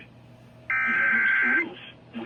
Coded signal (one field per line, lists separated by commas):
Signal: Emergency Alert System (SAME) tones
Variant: header bursts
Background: speech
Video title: Remnants of a High… EAS Alerts from 3/15/25-3/16/25 - Mini Compilation